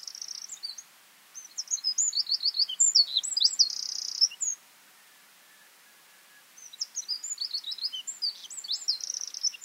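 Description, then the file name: Eurasian wren singing energetic high trills in separate bursts, with a buzzy rattle, quiet gaps between phrases. "Troglodytes troglodytes"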